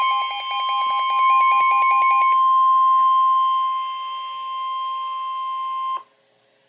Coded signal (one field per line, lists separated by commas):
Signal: Emergency Alert System (SAME) tones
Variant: 1050 Hz attention tone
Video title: Severe T'Storm Warning (EAS #169)-NOAA